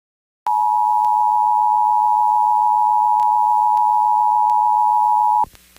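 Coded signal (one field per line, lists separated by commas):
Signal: Emergency Alert System (SAME) tones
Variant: 853 and 960 Hz attention tone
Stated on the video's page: Tornado watch activation on a radio station, likely done for a simultaneous relay on another station.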